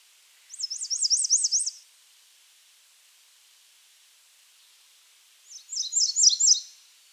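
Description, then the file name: American redstart singing two high phrases: first a rapid run of evenly repeated zigzag notes, then after a long pause a short burst of sharper descending notes. Serial-mode song. "AMRE SONG SERIALMODE - American Redstart - Setophaga ruticilla"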